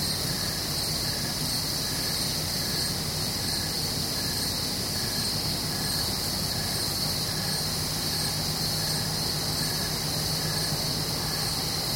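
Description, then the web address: Crickets in a dense, steady chorus, a high shrill hum with short pulses repeating steadily, over a constant broad hiss. Nighttime atmosphere with crickets at Goldens Bridge, New York State. "BBC America. new york state goldens bridge nighttime atmosphere with crickets"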